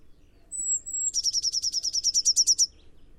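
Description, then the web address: Eurasian blue tit: a thin, high, steady whistled note followed by a rapid, even trill of many bright repeated notes. "cianscape. Deverinetal"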